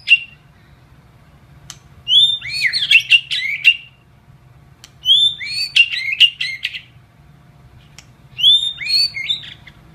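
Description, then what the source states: White-rumped shama song: a brief note at the start, then three main bursts, each opening with a clear whistle and breaking into rapid varied notes, with pauses between and occasional clicks. Masteran training recording.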